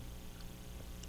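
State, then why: Seated. A clear plastic fastener strip is pushed down into a handheld button-attaching tool over a steady low background hum. A short, sharp click at 1.0 s marks the strip seating into place in the tool.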